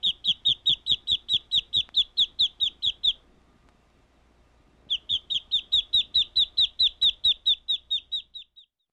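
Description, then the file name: Bird chirping: two bursts of quick, evenly spaced high chirps, over two per second, split by a brief quiet gap. "Birds chirping and tweeting"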